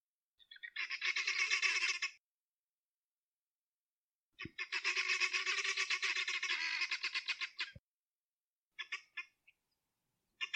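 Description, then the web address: Guineafowl producing short bursts of rapid, grating pulses, two long rattles then brief fragments, with silence between. "aswat Dajaj Genia"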